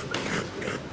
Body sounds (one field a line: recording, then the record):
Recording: coughing mixed with background sound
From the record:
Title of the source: 30 Chesty and wet cough